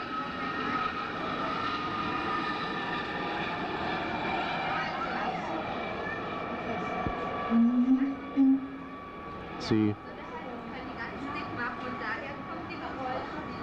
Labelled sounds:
Siamang (Symphalangus syndactylus)
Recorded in captivity
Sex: pair
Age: adult
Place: Zoo Berlin, Berlin, DE
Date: 1985-09-13
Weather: sonnig, 14 - 18°C
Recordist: Tembrock, Günter

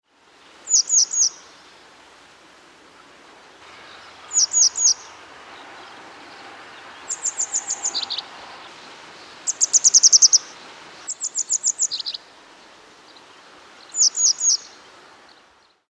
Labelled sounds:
Grey Wagtail (Motacilla cinerea)
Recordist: Tembrock, Günter
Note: Gesang

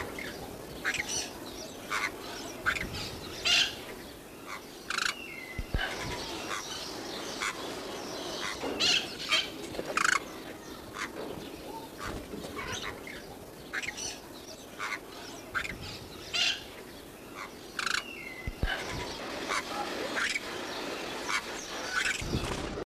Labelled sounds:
Crimson-bellied Parakeet (Pyrrhura perlata) call
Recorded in captivity
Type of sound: call
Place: Teneriffa, ES
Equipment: Halbspur, 9,5 cm/s
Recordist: Lütgens, Hans
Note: Rufe

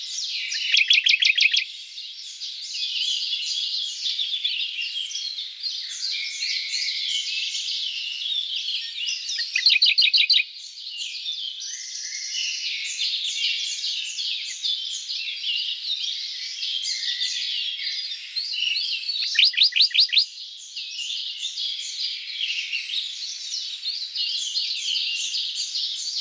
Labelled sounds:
Radde's Warbler (Phylloscopus schwarzi) song
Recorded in the wild
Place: Kedrojawa Pad-Nationalpark, RU
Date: 1994-06-10
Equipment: Dat-Recorder Casio DA 7, Telinga DAT, Telinga-Parabolspiegel
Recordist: Schwarz, Dieter

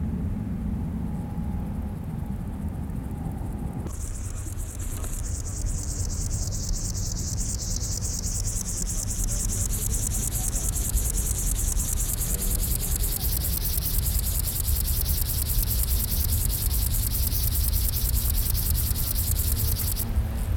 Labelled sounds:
Field Grasshopper (Chorthippus brunneus) stridulation
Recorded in the wild
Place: Karower Teiche, Naturpark Barnim, Berlin, DE
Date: 1992-09-27 11:45
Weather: sonnig, 17-22 °C
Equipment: Marantz CP 430, Sennheiser ME 80, Kopie Tesla B 116
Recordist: Tembrock, Günter

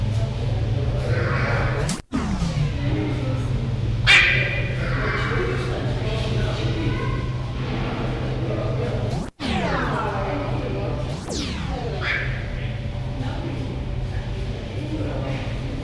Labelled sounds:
Clouded Leopard (Neofelis nebulosa) call
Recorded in captivity
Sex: female
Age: adult
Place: Tierpark Berlin, Berlin, DE
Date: 1978-11-18 12:00
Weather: windig, sonnig, 8°C
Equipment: Uher 4200 Report Stereo, Sennheiser MD 421, Verstärker
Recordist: Tembrock, Günter

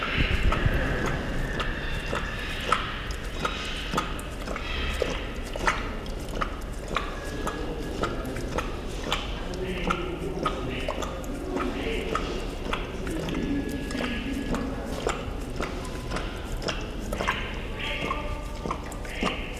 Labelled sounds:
Tiger (Panthera tigris)
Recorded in captivity
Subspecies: altaica
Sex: female
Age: adult
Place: Tierpark Berlin, Berlin, DE
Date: 1974-01-13
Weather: sunny, ca. 5°C
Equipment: Uher 4200 Report Stereo, Sennheiser MD 421, Verstärker
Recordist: Tembrock, Günter

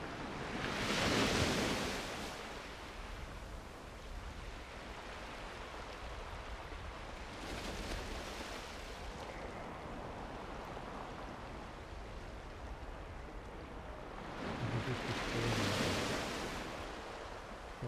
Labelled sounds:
Northern Fur Seal (Callorhinus ursinus)
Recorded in the wild
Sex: male
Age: adult
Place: Insel Mednyi, Kommandeur-Inseln, RU
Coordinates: 54.5061, 168.095
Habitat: sea
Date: 1999-06-26 18:40
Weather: cloudy, 9°C, weak winds
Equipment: Sony TCD-D8, Sennheiser MKH 70, Windkorb
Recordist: Frommolt, Karl-Heinz

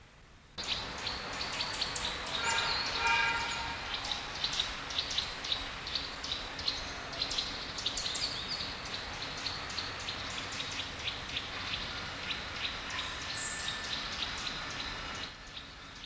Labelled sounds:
Common Chiffchaff (Phylloscopus collybita)
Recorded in the wild
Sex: male
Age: adult
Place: Treuchtlingen, Naturpark Altmühltal, Bayern, DE
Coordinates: 48.96, 10.91
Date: 1993-09-21 11:25
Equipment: Marantz CP 430, Sennheiser MKH 416 T, Kopie Uher Variocord 263
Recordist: Tembrock, Günter

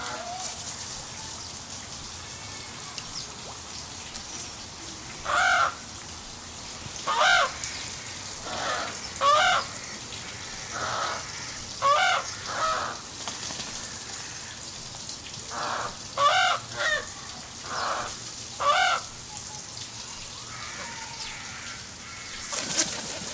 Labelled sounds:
African Spoonbill (Platalea alba) call
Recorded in captivity
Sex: diverse
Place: Zoo Leipzig, Sachsen, DE
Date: 2003-10-01 17:07
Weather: fair, 16°C
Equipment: Fair Mate ST-1328 (Asahi Electronics, Japan), Sennheiser ME 80, Kopie Uher 4000 Report Monitor
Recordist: Tembrock, Günter
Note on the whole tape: Diverse Tiere: Kurzlaute (ca. 10 m Entfernung)

